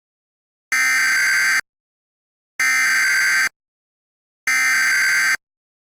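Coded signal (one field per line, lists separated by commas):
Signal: Emergency Alert System (SAME) tones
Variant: header bursts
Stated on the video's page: Recreation of a demo warning with valid EAS tones, on a custom satellite TV-style alert screen.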